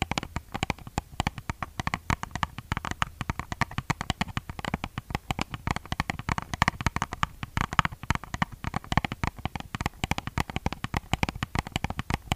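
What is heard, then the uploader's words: Rapid, irregular tapping on a skincare product, a dense run of crisp little knocks continuing steadily throughout with no pauses or other sounds. Skincare product tapping. Blue yeti microphone.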